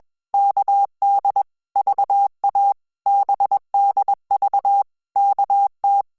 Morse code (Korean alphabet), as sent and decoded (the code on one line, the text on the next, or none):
-.- -.. / ...- .- / -... -.. ...- / -.- -
으 로 들 어